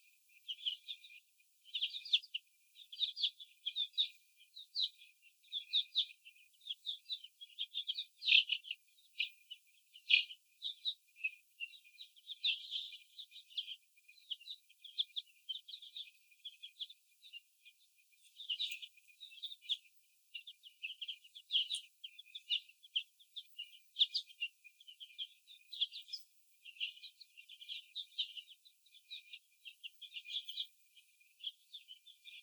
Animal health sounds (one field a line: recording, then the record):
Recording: young laying hens in a cage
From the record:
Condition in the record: after the stressor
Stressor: sudden umbrella opening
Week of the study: 2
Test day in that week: 1